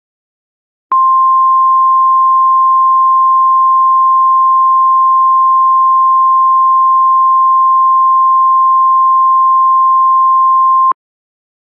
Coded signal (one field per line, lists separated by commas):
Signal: Emergency Alert System (SAME) tones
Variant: 1050 Hz attention tone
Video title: "ATTACK OF THE TURKEYS" [INVASION EAS SCENARIO]